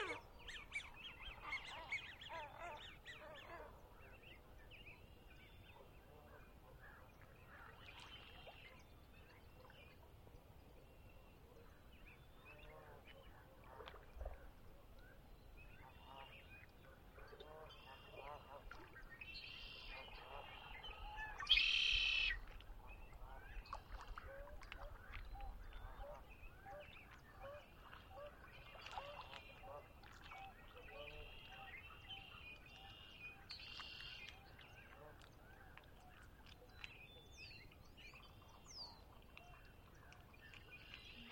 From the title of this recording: Conner's Lake, chilly Spring dawn